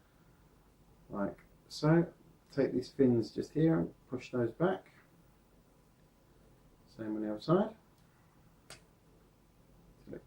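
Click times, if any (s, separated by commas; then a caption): 8.7 s, 10.1 s. Someone talks while pushing back the plastic fins on a transforming robot action figure, first one side and then the same on the other side. The plastic fin joint clicks into its folded position at about 8.7 s and again at 10.1 s, seating in place.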